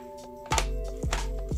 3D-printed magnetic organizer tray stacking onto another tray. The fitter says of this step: So you get your mediums, and you'll hear this very nice, satisfying click.